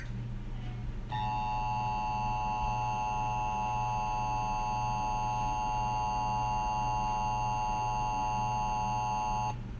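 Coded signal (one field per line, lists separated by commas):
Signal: Emergency Alert System (SAME) tones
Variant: 853 and 960 Hz attention tone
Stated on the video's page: Fictional EAS scenario built from borrowed sounds and videos.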